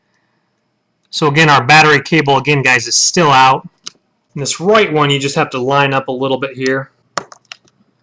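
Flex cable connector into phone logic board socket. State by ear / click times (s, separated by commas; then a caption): seated / 7.2 s. Someone talks while the third flex cable connector, in the corner of an iPhone 5 logic board, is lined up and pressed onto its socket during a new battery install, with the white battery cable still out. After the talking, a sharp click at 7.2 s is followed by a few faint ticks, and the connector is seated.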